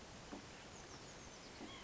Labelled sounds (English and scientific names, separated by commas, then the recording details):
Oak Titmouse (Baeolophus inornatus)
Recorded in Sonoma County, California